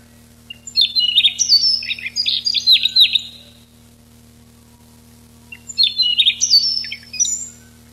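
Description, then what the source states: Siberian rubythroat song: a long run of clear whistles and quick chattering notes, then a pause and a second shorter phrase, over a faint steady hum. Recorded 6 July 1991.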